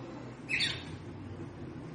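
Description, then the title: Red-cowled cardinal call, one brief sharp high chirp, over a steady low hum. Female bird, described as trilling ('triculando') and 'batendo fogo', apparently to stimulate or excite the male. "Canto Galo Campina Fêmea. Fêmea de GALO DE CAMPINA - TRICULANDO,BATENDO FOGO PRA ESQUENTAR O MACHO??"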